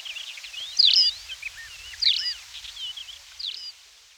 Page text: Tawny Pipit Song - Quick Sounds